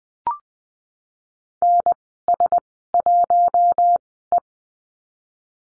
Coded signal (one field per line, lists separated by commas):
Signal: Morse code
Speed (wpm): 20 wpm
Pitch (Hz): 700 Hz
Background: none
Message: N S 1 E